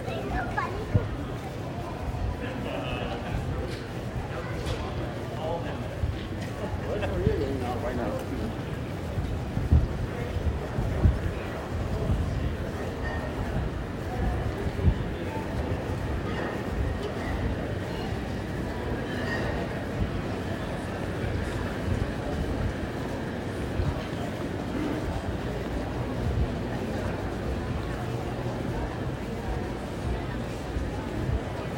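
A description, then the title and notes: A busy airport terminal at SFO fills with a steady, dense murmur of overlapping voices over a low rumble, likely luggage wheels rolling across the floor. The level stays even throughout, with brief louder knocks and thumps around 10 and 15 seconds. San Francisco International Airport (SFO). You'll hear the sounds of luggage wheels rolling across the floor, as travelers make their way through the terminal. The buzz of conversations in different languages creates a sense of global connectedness. SFO Hustle Bustle.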